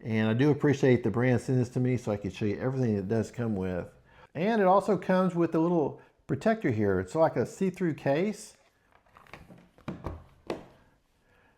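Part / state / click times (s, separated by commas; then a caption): MP3 player into clear protective case / seated / 9.9 s, 10.5 s. Someone talks for the first eight seconds or so, then a Luoran MP3 player body is pressed into its clear see-through protective case. Soft handling rustles lead up to sharp clicks at 9.9 s and 10.5 s as the case snaps on, leaving the player seated and protected.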